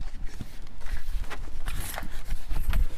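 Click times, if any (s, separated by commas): none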